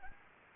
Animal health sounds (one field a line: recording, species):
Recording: mosquito wingbeat signal from an infrared sensor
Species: Anopheles gambiae